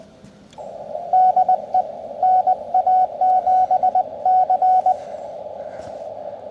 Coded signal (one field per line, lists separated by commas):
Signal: Morse code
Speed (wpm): 20 wpm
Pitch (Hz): 740 Hz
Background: radio noise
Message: DE NA7C